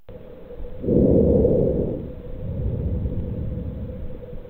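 Normal vesicular breath sounds heard by stethoscope over an adult chest, at a site away from the large airways: a soft sound like wind blowing through the leaves of a tree, the most common sound heard in the absence of lung disease.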